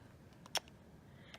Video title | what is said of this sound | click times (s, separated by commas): Lumispa Accent Demo | and you just kind of wiggle and tug, and it snaps right in. | 0.6 s